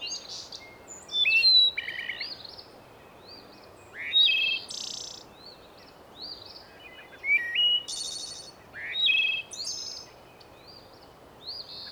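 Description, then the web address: Bird song in repeated bursts of whistled and upslurred notes, some buzzy or chattering phrases, roughly every two seconds against a steady hiss. "bondar bird"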